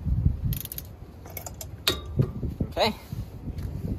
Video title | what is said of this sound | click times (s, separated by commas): How To Remove & Replace Front Brake Pads On Honda CRV 2011-2016 4th Gen - DIY Auto Repair | As soon as I hear that click, I know it's torqued correct. | 1.9 s